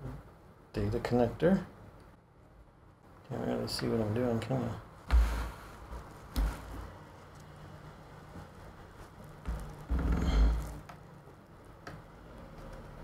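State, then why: Not seated. On a late 2012 21.5-inch Apple iMac (A1418, EMC 2544) getting a replacement for a bad LCD panel, the LCD panel's data cable connector is handled and pushed toward its socket on the logic board while someone talks. Brief handling knocks occur around 5.1, 6.4, 10.0, 10.9 and 11.9 seconds. Nothing has seated or clicked yet by the end of the clip.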